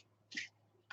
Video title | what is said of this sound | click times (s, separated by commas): C&Berg Watercolor Brush Pen Review and Demo ( Cheap alternative? ) | as you guys can hear that it clicks in so you can actually take these apart and put these back together so | 0.9 s